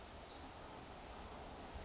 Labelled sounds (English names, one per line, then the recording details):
Pacific Wren
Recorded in Sonoma County, California